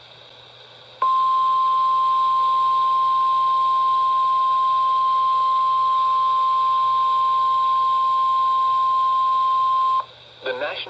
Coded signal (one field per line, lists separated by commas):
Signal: Emergency Alert System (SAME) tones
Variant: 1050 Hz attention tone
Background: speech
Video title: EAS Flash Flood Warning #5 (From PHI) 7/8/25 (Credit Goes To @SouthernPennsylvaniaWX)